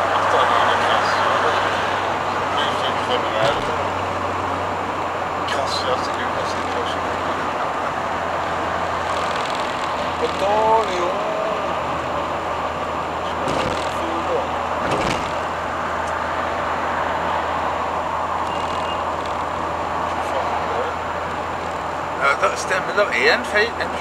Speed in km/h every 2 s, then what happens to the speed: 85, 83, 81, 78, 77, 73, 73, 73, 74, 74, 73, 73.
0-10 slows to 73. 10-24 steady at about 73.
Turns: none.